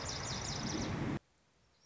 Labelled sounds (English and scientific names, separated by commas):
Lazuli Bunting (Passerina amoena)